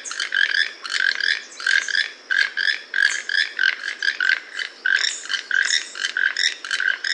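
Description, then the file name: Toucan croaks in a rapid series, harsh notes tumbling one after another almost continuously. "tucano"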